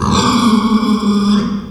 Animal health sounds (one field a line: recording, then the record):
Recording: squeal of a Yucatan mini pig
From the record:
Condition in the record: after surgery on the right vocal fold (resection and tissue-engineered implant)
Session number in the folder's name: 16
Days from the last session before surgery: 183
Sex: female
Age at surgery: 19 weeks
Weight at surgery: 25 kg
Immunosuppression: prednisolone